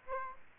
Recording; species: mosquito wingbeat signal from an infrared sensor; Aedes aegypti